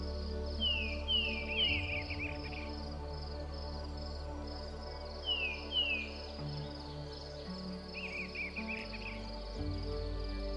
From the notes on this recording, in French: les oiseaux chantants de la forêt